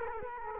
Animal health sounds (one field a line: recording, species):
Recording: mosquito wingbeat signal from an infrared sensor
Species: Culex quinquefasciatus